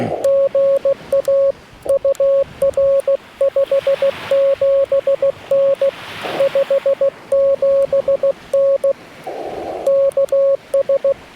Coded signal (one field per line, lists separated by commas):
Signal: Morse code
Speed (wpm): 16 wpm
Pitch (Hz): 550 Hz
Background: none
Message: GA UR 57N 57N KS